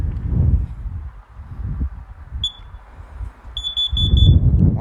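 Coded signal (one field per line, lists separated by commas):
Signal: alarm pattern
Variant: carbon monoxide alarm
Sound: high-pitched alarm chirp, then a quick run of about five short beeps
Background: man talking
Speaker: you hear that sound that's what it sounds like one two three four pause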